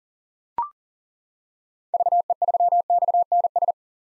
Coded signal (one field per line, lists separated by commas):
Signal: Morse code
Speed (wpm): 37 wpm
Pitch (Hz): 700 Hz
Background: none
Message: VE3XNS